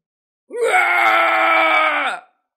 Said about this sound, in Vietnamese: Lão không nhịn được mà hét to, cánh sau lưng tan vỡ, lông vũ đầy máu bay khắp bầu trời.